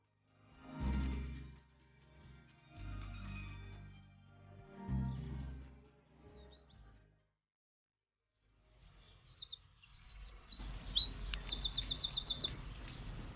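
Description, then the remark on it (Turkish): Birds chirping loudly at daybreak in bright, high, rapid bursts over a steady low rumble, following several swells of a deep, droning sound and a brief silence. “Kuşlar nasıl da güçlü cıvıldıyorlar.”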